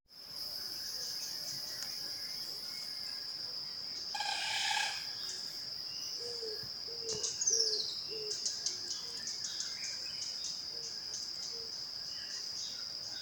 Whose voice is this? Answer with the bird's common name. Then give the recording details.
African Broadbill. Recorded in Bwindi, Uganda